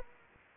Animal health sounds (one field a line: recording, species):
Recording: mosquito wingbeat signal from an infrared sensor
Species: Anopheles arabiensis